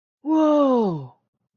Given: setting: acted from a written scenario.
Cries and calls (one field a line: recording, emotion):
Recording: vocal sound without words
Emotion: awe